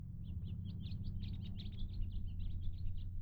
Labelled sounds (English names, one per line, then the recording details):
House Finch song
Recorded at Hewlett Harbor on Long Island, New York, on 10 June 1975
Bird D